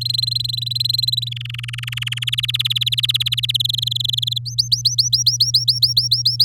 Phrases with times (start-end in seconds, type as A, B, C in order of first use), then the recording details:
0.01-1.29 A, 1.31-2.24 B, 2.27-3.51 C, 3.54-4.38 D, 4.45-6.45 E. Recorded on 8 May 2018 at 12:57. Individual llb16